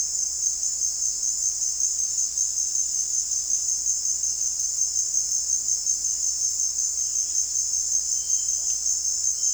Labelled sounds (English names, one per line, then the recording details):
none
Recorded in dense forest near Puerto Asís, Putumayo, Colombia, on 9 March 2025 at 17:00
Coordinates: 0.499, -76.324
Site GP03